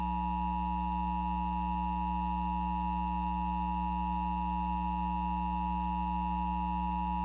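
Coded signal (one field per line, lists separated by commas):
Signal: Emergency Alert System (SAME) tones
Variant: 853 and 960 Hz attention tone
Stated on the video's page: Mock alert with valid tones: tornado warning relayed via FM station with EMNet voice, alert audio rather low, made with TFT Tones, FM Retro and Capture Card macros.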